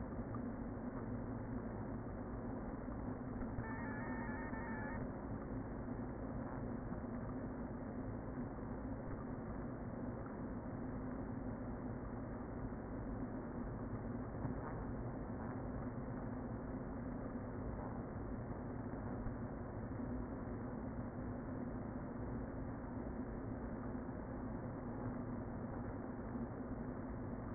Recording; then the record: honeybee colony, microphone inside the hive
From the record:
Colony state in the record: queen present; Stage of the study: before two queens were removed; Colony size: about 60,000 bees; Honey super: yes